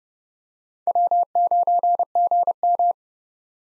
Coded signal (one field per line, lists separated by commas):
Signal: Morse code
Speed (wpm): 30 wpm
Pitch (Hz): 700 Hz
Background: none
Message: W9GM